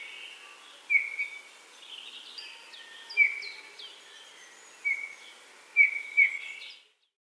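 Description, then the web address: Bird song with sharp high chirps and quick falling whistles, a few at a time with pauses between, against soft constant hiss before fading out. "bird voice"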